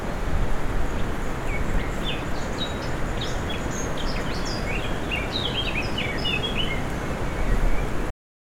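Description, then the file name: Birds singing with scattered short chirps and whistled notes, over a steady low rushing of breeze through the forest. "foret oiseaux et brise"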